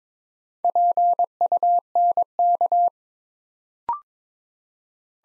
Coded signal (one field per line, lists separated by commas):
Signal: Morse code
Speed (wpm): 22 wpm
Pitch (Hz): 700 Hz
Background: none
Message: PUNK